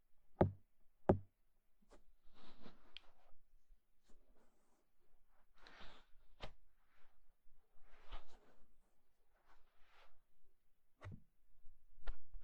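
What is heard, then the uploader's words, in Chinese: Assorted odd objects being handled: sharp knocks land near the start, around six seconds, and again near eleven and twelve. Between them come soft rustles, scrapes and light taps, irregular, with brief silences. 用奇奇怪怪的物品放松你的耳朵哦。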